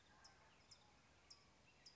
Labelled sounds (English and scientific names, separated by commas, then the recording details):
California Towhee (Melozone crissalis)
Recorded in Sonoma County, California